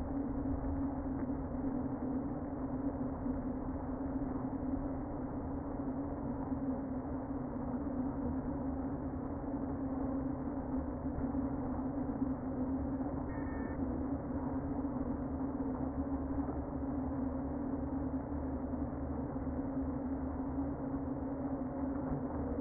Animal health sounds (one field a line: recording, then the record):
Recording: honeybee colony, microphone inside the hive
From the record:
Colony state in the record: queen present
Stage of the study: before two queens were removed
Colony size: about 60,000 bees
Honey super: yes